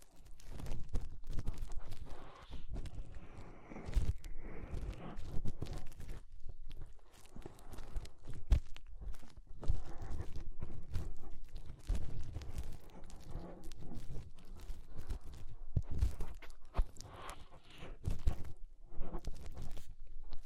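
Fingers rub and press inside an ear, making a dense, muffled scraping with heavy low thumps throughout. The rustling is irregular, broken by brief silences around 4, 6.5, 8.5, 12 and 18.5 seconds, with occasional sharper crackles mixed in.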